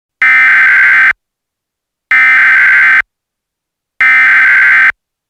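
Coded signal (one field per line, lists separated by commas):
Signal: Emergency Alert System (SAME) tones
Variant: header bursts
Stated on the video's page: Fictional short alert scenario, not a real broadcast.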